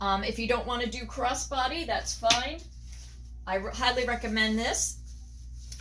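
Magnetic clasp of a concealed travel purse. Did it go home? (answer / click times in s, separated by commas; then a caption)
yes / 5.7 s. Someone talks while handling a hidden travel purse worn inside, underneath the shirt. Its strong magnetic clasp snaps shut with a short, sharp click at 5.7 s. The clasp is closed.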